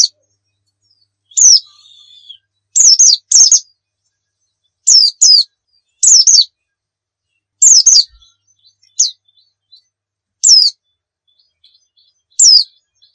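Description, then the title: White-eye calls: sharp high downslurred chips given singly or in pairs every second or two, separated by silent gaps. Muria-type white-eye in vigorous 'gacor' song, used to train other birds to sing. "Pleci Muria Gacor"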